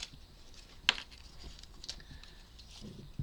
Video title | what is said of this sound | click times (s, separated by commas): DeAgostini - Moomin House Issue 67 - The Roof Frame and the Breakages!! Wooden Craft and Model Build | definitely didn't click very well together on one of them. | 0.9 s